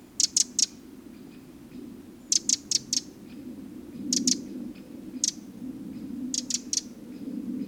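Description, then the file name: Eurasian wren giving quick runs of one to four sharp ticks every second or two, over a steady low rumbling hum. "Troglodytes troglodytes"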